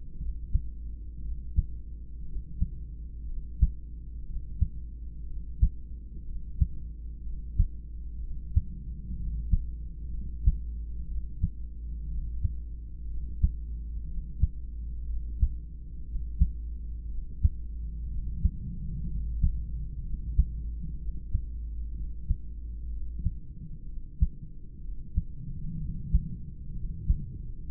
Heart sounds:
heart sounds by stethoscope; 61 bpm
0.18 s: heartbeat
1.22 s: heartbeat
2.25 s: heartbeat
3.26 s: heartbeat
4.26 s: heartbeat
5.26 s: heartbeat
6.25 s: heartbeat
7.23 s: heartbeat
8.20 s: heartbeat
9.17 s: heartbeat
10.11 s: heartbeat
11.07 s: heartbeat
12.08 s: heartbeat
13.07 s: heartbeat
14.06 s: heartbeat
15.06 s: heartbeat
16.05 s: heartbeat
17.08 s: heartbeat
18.08 s: heartbeat
19.07 s: heartbeat
20.02 s: heartbeat
20.98 s: heartbeat
21.94 s: heartbeat
22.90 s: heartbeat
23.85 s: heartbeat
24.81 s: heartbeat
25.77 s: heartbeat
26.73 s: heartbeat
27.70 s: heartbeat
From the record:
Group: heart failure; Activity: rest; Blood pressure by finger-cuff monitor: 98/56 mmHg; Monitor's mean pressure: 72 mmHg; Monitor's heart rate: 61 bpm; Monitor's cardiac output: 4 L/min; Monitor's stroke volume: 66 mL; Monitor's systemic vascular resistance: 1250 dyn s/cm5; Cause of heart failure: idiopathic cardiomyopathy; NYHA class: 2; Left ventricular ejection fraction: 17%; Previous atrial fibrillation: present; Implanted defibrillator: present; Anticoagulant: edoxaban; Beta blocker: bisoprolol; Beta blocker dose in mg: 7.5 twice daily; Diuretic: furosemide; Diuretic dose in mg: 20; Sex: male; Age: 63 years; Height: 160 cm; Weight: 69 kg

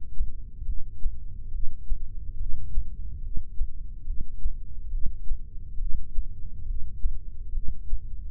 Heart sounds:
heart sounds by microphone in the left ear; 70 bpm
0.68 s: heartbeat
1.54 s: heartbeat
2.40 s: heartbeat
3.24 s: heartbeat
4.08 s: heartbeat
4.93 s: heartbeat
5.80 s: heartbeat
6.68 s: heartbeat
7.55 s: heartbeat
From the record:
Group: heart failure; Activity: rest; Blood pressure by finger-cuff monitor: 123/90 mmHg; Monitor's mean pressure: 104 mmHg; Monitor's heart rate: 70 bpm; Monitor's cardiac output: 6.2 L/min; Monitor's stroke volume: 88 mL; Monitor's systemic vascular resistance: 1240 dyn s/cm5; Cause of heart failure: idiopathic cardiomyopathy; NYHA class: 1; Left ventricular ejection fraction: 50%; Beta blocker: bisoprolol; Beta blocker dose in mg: 5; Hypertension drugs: candesartan, spironolactone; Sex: male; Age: 54 years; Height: 180 cm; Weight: 94.6 kg

